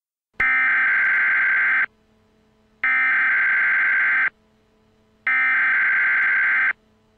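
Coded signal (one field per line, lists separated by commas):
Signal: Emergency Alert System (SAME) tones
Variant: header bursts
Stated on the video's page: Simulated EAS scenario.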